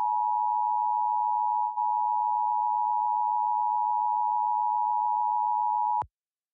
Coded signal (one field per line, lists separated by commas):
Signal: Emergency Alert System (SAME) tones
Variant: 853 and 960 Hz attention tone